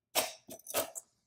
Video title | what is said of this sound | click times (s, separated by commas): 332 Heavy Duty Transport Chair - Assembly & Features | the footrest just swings in and locks in place | 0.7 s, 1.0 s